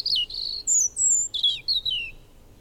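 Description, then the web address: Bird song: a quick run of high whistled notes, some falling in pitch and some held steady, delivered in a rapid, varied sequence. "madarak enek"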